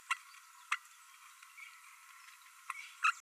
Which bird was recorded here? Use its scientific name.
Forpus passerinus